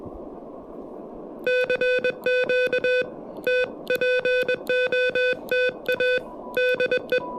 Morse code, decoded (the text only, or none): CQ TPOTA DE